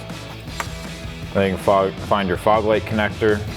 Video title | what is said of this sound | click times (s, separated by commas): 2015-2023 Charger AlphaRex NOVA-Series LED Projector Headlights Review & Install | Press it until it clicks. | 0.6 s